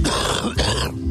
Does the wheezing and coughing stop them getting out and living a normal life?